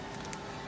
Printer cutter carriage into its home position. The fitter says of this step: of people will think this is returned to home over here you've gotta actually feel it click over for